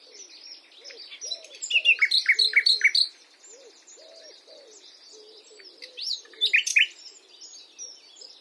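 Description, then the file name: Common nightingale song with clear whistled, sliding notes in short rhythmic groups between softer twitters, over low repeated hooting calls from another animal in the background. "Luscinia megarhynchos"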